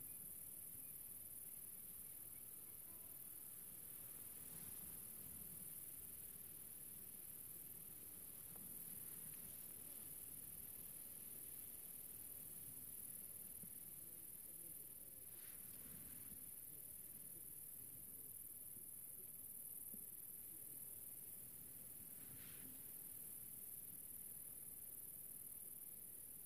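Countryside under a summer sun, filled with a constant high, hissing chorus of crickets and insects that never lets up. Beneath it runs a soft low rumble, and a few faint, brief sounds surface now and then, around every five to seven seconds.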